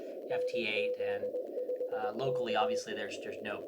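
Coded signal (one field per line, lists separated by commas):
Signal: Morse code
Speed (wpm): 20 wpm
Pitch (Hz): 500 Hz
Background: speech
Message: NZ5K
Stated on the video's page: Heard through an Elecraft K4/0 used for remote connection to a transceiver.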